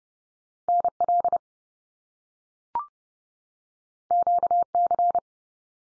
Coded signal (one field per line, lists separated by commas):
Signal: Morse code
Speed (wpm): 30 wpm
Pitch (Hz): 700 Hz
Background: none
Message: NL QC